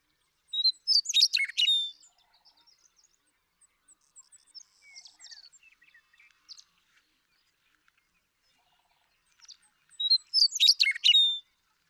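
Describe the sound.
Western meadowlark singing two loud gurgling, flute-like songs roughly nine seconds apart, with soft scattered chirps and notes in between.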